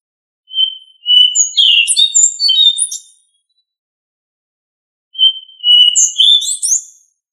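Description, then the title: Thrush singing two phrases, each opening with a steady whistle and breaking into rapid, varied high twittering notes. "Familia Turdidae - Sabia"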